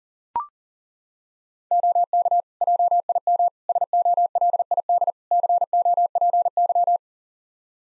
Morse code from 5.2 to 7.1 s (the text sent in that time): COPY